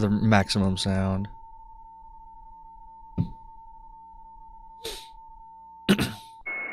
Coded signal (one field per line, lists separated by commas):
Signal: PSK31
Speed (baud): 31.25 baud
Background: speech